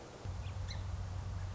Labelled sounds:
Song Sparrow
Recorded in Sonoma County, California

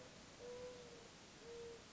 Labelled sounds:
Mourning Dove
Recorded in Sonoma County, California

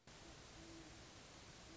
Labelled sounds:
Great Horned Owl
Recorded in Sonoma County, California

